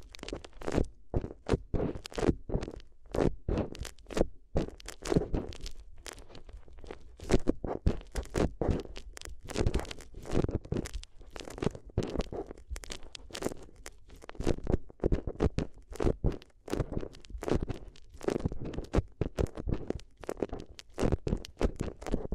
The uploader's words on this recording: ASMR If You Had Paper Ears (No Talking).